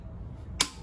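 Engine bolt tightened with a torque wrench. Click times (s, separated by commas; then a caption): 0.6 s. An engine bolt is tightened with a torque wrench, and after more pull the wrench finally gives a sharp click at its setting at 0.6 s. Before that there is only a quiet low rumble, and the bright snap fades quickly, confirming the bolt has reached its torque setting.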